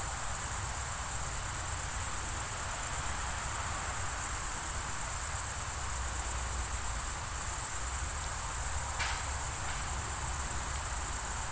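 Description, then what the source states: Cricket chorus with a steady, fast high-pitched pulsing that barely changes, one brief sharp sound near nine seconds, and a constant low watery rumble underneath. Summer night ambience in the Pyrenees mountains, France; crickets with a distant river.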